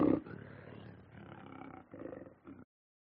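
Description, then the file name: Lion giving a deep, gravelly growl that opens with a loud burst, rumbles on steadily, then breaks into a longer grunt and a short final one before silence. Growls and snarls. "audio hero Lion"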